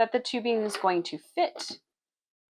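A heated tubing connector for a CPAP machine is being handled near the machine's air outlet while someone talks, with no distinct clicks among the speech. The clip ends before the connector is pushed into its port, so nothing has seated or clicked yet.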